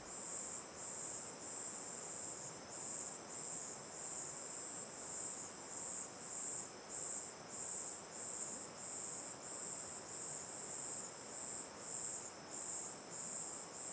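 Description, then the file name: Cicadas and crickets in a shrill high chorus, pulsing in bursts a little over half a second apart, over a steady rushing wash of flowing water. Night ambience looking toward the mouth of Terra Ronca 1 cave; chorus of cicadas and crickets, river on the left; AB stereo recording. "Ambiencia olhando para boca da caverna terra ronca 1 a noite, coro de cigarras e grilos, rio a esquerda, gravacao em ab"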